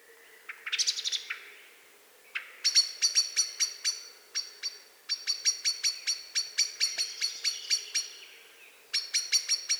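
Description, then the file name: Eurasian blackbird calling in sharp metallic rattling series, each run of quick chinking notes broken by short gaps, opening with a brief squeaky burst. "Turdus merula"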